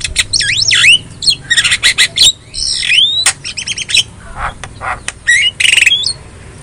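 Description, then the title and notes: Javan myna song mixing swooping whistles, rapid chattering stutters and harsh rasping notes in a busy, varied sequence. Lure sound meant to prompt a silent Javan myna to sing. "Pancingan Jalak Kebo Bisu. Kicau Jalak Kebo"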